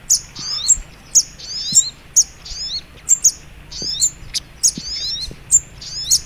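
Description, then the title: Little Spiderhunter calling with short, thin, high chirps and slurred notes, spaced about half a second apart. Training (masteran) song in the Labaik style. "Masteran Burung Sogok Ontong Labaik"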